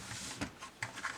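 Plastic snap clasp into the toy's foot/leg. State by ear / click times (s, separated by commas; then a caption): not seated / none. A plastic snap clasp at the foot of a 01 Studio Transformers Devastator dump-trailer toy is shifted slightly and pressed toward locking. Short plastic taps and handling rattles are heard around 0.4, 0.8, 1.0 and 1.2 s. Nothing has seated or clicked yet.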